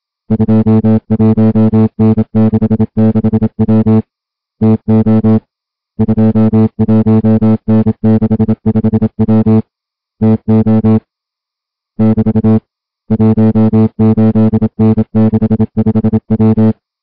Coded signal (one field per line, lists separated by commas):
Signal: Morse code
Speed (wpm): 27 wpm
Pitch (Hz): 220 Hz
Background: music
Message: 21N66W TO 21N65W TO <BT> 18N65W